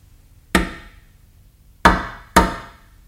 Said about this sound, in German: Wer klopft? Ein Edelmann.